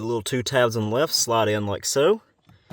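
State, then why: Not seated. Someone talks while the plastic cabin air filter cover of a 2019-2025 Toyota RAV4 is slid by its two left tabs into the HVAC filter housing behind the glove box, followed by faint handling noises near the end. The clip stops before the cover is pushed home; nothing has seated or locked in yet.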